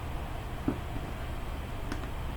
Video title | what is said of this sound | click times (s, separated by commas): How to replace an iPhone 7 battery -- Nothing left out | you wanna you'll be able to feel it sort of snap into place it's | 1.9 s